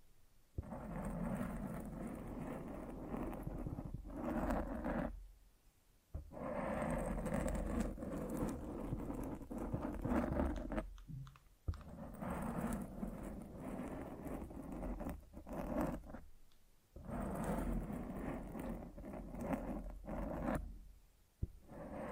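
Mic scratching: dense, rough rumbling bursts of rubbing noise, mostly low and muddy with some brighter grit on top. The scraping comes in long stretches of several seconds, broken by short near-silent gaps around 5, 11, 17 and 21 seconds.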